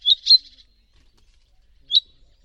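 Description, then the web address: Bird chirps: a quick pair of sharp, high chirps, then after a pause of over a second one more short chirp; otherwise quiet. "Deverinetal 2025. Bird Only"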